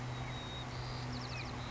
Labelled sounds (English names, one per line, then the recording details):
White-crowned Sparrow
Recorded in Sonoma County, California